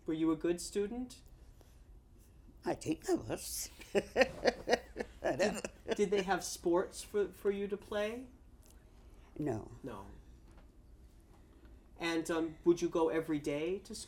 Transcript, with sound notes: Were you a good student?
I think I was. ( she laughs )
Did they have sports for you to play?
No.
No. And, um, would you go every day to school?